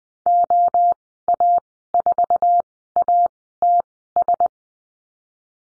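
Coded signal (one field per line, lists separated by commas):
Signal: Morse code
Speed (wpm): 20 wpm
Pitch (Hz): 700 Hz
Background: none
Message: OA4ATS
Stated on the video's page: Morse code course lesson on call signs and the number 5, Farnsworth speed 20/10 wpm.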